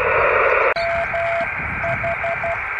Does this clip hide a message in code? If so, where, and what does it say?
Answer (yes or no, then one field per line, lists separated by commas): yes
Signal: Morse code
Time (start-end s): 0.8-2.5 s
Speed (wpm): 12 wpm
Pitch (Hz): 680 Hz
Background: radio noise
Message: MH